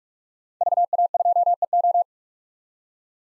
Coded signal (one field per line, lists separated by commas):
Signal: Morse code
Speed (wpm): 47 wpm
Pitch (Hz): 700 Hz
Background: none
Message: VA2EO